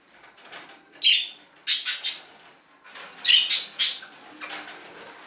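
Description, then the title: Budgerigar calls, several loud harsh squawking chirps in short bursts separated by quiet pauses. "Budgie Sounds"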